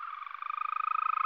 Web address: Green Toad